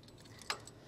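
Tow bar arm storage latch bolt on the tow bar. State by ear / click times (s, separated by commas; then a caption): seated / 0.5 s. The folded arms of a Roadmaster Nighthawk All-Terrain Tow Bar with LED lights, set up on a 2018 Ford Explorer, are drawn together, and the spring-loaded storage latch is engaged. The top of the steel bolt snaps into place with one sharp metallic click at 0.5 s, among a few faint ticks. The latch is locked, which keeps the bar from dropping down.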